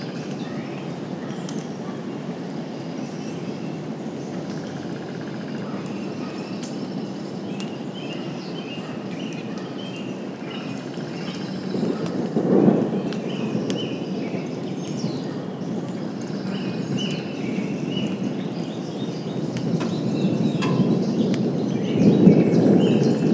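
Songbirds chirp intermittently over a steady low rumble of rain and distant-sounding thunder, swelling louder around twelve seconds and near the end.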